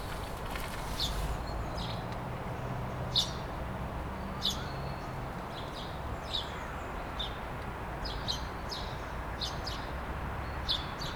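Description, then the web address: Sparrow chirping: short sharp high chirps repeated irregularly, roughly one per second, over a steady low rumble. "linnut varpuset"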